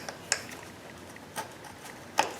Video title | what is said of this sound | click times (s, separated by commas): Cadillac CTS 2010 Partie 1 Clip 2 | à ce momentl on pousse sur la languette ici on entend dé clic et | 0.3 s